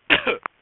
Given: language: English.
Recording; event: throat vibration sensor signal played as sound; cough